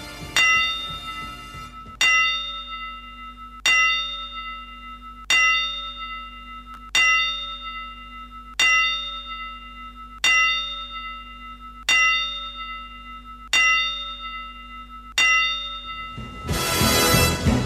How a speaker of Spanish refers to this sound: quiero pedirle a Dani Bravo 10 campanadas para la pérdida de un grande